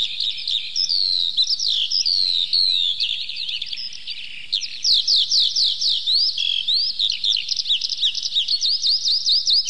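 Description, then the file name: Eurasian skylark singing a high, restless warble, with a run of quick down-slurred notes midway and rapid chirps toward the end. "zhavoronok polevoy"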